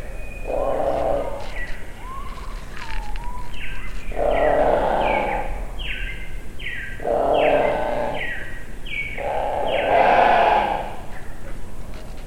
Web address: Tom Hutchings Rooks